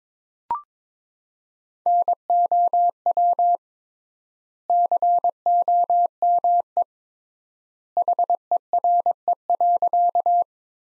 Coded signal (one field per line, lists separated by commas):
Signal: Morse code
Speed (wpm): 22 wpm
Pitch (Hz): 700 Hz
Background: none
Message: NOW COME HERE.